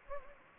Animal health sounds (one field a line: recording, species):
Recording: mosquito wingbeat signal from an infrared sensor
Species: Anopheles gambiae